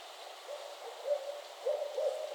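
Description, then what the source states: Barred owl hooting, a run of low, wavering hoots with slurred notes near the end, over steady background hiss. Several owls calling during mating season in northern Michigan; traffic and occasional aircraft noise in the recording.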